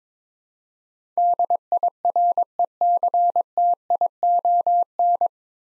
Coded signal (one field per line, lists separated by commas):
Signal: Morse code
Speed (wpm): 22 wpm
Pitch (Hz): 700 Hz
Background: none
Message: DIRECTION